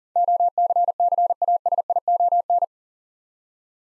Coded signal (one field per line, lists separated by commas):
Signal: Morse code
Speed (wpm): 40 wpm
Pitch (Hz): 700 Hz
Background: none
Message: OCCASION